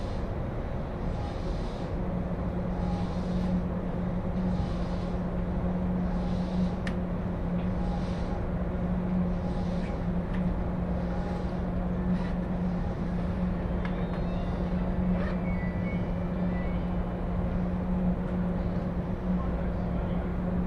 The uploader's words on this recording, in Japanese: 耳で楽しむ鉄道旅 常磐線 勝田→石岡。